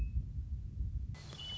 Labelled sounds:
Western Meadowlark
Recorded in Sonoma County, California

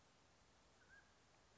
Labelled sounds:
Mountain Quail
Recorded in Sonoma County, California

